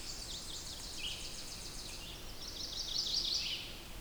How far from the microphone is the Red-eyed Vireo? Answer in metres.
about 75 m